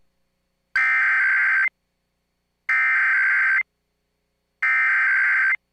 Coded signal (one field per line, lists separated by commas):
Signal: Emergency Alert System (SAME) tones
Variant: header bursts